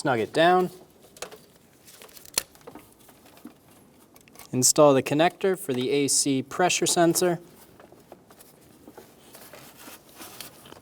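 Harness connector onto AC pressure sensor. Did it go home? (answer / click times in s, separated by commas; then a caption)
no / none. A harness connector is handled near the AC pressure sensor on a 2012-2020 Chevrolet Sonic, with someone talking and a few short, sharp ticks and handling noises in between. The connector has not seated or clicked onto the sensor yet.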